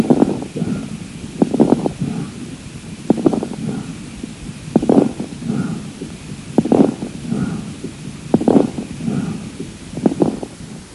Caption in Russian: На фоне бронхиального дыхания, вы услышите крепитацию. Крепитация возникает в альвеолах, стенки которых, в силу определенных причин, оказываются смоченными вязким секретом. На высоте вдоха, когда происходит расправление пораженных альвеол, возникает особый звук, напоминающий нежный треск. Крепитация может быть выслушана на первой и третьей стадиях крупозной пневмонии, при бронхопневмонии, а также у пациентов с пневмосклерозом, компрессионным ателектазом и левожелудочковой сердечной недостаточностью.